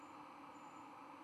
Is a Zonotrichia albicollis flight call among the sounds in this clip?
no